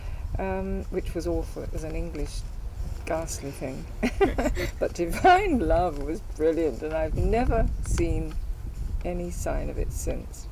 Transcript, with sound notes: Erm, which was awful. It was an English, ghastly thing. [laughs] But Divine Love was brilliant and I've never seen any sign of it since.